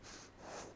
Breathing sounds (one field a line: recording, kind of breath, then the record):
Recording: one breath in and out by a microphone near the nose and mouth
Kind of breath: strong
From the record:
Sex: female